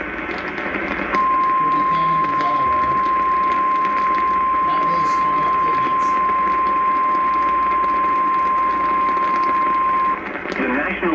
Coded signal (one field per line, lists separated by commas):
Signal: Emergency Alert System (SAME) tones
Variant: 1050 Hz attention tone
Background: speech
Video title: WIDESPREAD VS. ISOLATED - EAS Alerts from 06/15/2022 (EAS #454-475)